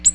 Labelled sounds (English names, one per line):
Ovenbird flight call